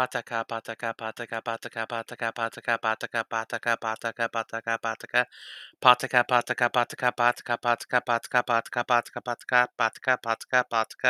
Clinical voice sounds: repeated syllables /pa ta ka/; male; 30 to 39 years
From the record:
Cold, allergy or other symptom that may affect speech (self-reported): no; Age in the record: 31 years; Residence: Arkansas, United States

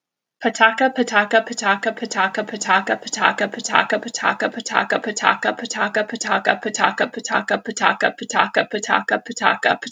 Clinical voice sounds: repeated syllables /pa ta ka/; female; 30 to 39 years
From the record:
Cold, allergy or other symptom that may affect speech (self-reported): no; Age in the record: 38 years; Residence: Illinois, United States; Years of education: 16

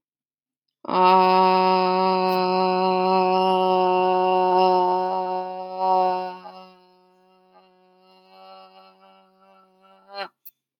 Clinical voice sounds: vowel held as long as possible; male; 18 to 19 years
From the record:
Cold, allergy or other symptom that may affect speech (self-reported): no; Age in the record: 19 years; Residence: United States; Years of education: 13

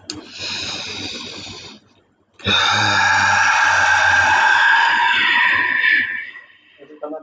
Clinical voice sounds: vowel held as long as possible; male; 30 to 39 years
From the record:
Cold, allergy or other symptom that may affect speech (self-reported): no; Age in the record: 35 years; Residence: United States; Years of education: 16

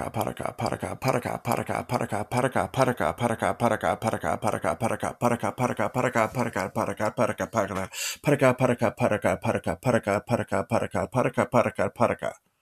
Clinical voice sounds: repeated syllables /pa ta ka/; male; 30 to 39 years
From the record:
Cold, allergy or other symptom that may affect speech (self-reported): no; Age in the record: 36 years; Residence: United States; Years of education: 14

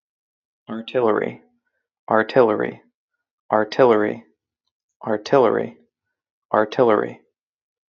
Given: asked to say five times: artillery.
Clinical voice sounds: repeated word; male; 20 to 29 years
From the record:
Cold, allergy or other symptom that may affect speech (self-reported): no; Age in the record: 25 years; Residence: Ohio, United States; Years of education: 17

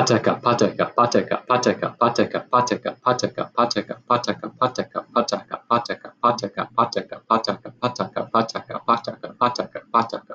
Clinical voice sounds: repeated syllables /pa ta ka/; male; 20 to 29 years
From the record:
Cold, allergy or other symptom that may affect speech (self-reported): no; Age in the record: 29 years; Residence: Massachusetts, United States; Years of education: 16

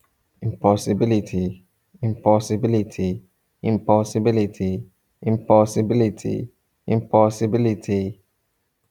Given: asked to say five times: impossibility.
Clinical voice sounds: repeated word; male; 40 to 49 years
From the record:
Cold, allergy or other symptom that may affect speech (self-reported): no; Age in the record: 45 years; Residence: California, United States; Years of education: 20

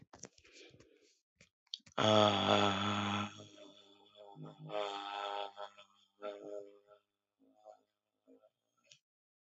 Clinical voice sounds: vowel held as long as possible; male; 40 to 49 years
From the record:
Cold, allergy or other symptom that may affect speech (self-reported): no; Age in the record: 40 years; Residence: Wisconsin, United States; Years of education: 13

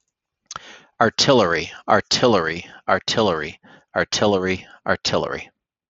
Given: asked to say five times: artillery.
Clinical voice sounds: repeated word; male; 50 to 59 years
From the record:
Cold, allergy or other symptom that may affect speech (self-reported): no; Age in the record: 52 years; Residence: Nebraska, United States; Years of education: 16

